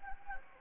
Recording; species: mosquito wingbeat signal from an infrared sensor; Anopheles gambiae